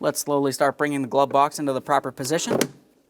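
A plastic glove box on the dashboard of a 2012-2015 Honda Civic is being moved back into position after a cabin air filter replacement, while someone talks throughout. The glove box has not latched yet and nothing has seated or clicked.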